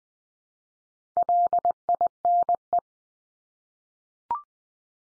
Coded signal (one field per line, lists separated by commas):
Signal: Morse code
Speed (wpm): 20 wpm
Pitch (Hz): 700 Hz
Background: none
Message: LINE